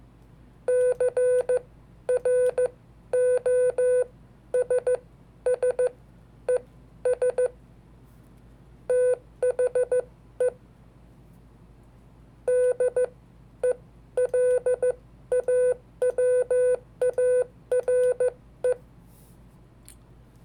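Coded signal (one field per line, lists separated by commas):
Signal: Morse code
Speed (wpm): 14 wpm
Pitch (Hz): 500 Hz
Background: none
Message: CROSSES THE DELAWARE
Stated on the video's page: Hand-sent Morse of historical dates, with sending mistakes left in.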